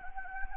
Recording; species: mosquito wingbeat signal from an infrared sensor; Anopheles gambiae